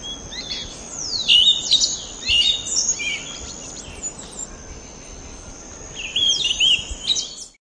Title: LuckyPassaro Completos2Sama. Pale-breasted Spinetail (Synallaxis albescens)